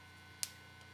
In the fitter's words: slides into the front bracket like that clicks into place and then